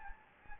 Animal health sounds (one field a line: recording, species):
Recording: mosquito wingbeat signal from an infrared sensor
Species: Anopheles gambiae